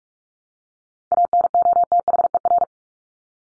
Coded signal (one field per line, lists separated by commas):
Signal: Morse code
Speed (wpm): 44 wpm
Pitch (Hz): 700 Hz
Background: none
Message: ANOTHER